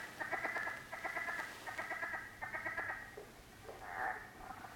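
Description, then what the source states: Southern leopard frog chuckles: several bursts of quick clucking pulses. Played recording; a series of clucks or chuckles, with groans like rubbing a hand over a balloon that are diagnostic.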